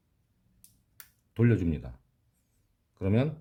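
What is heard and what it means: After the release button is pressed, the head of a handheld leather-working tool holder is twisted until it clicks at 0.6 s and 1.0 s, freeing the head so it can be loosened and the interchangeable insert pulled out and swapped. Someone talks afterward.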